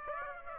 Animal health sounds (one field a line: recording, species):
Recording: mosquito wingbeat signal from an infrared sensor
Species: Aedes aegypti